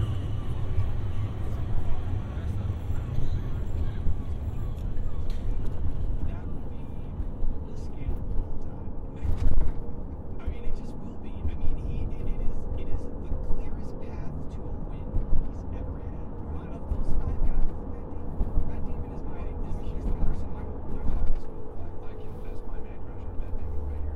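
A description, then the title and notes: Steady low engine rumble of a car driving home, with voices talking intermittently over it and a brief louder knock near ten seconds. In a car driving home.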